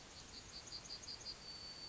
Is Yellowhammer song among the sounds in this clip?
yes